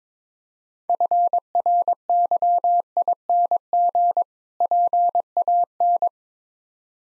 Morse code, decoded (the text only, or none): FRYING PAN